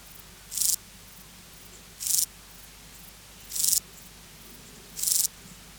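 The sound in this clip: Euchorthippus declivus grasshopper song: four short, high buzzy chirps, evenly spaced about one and a half seconds apart.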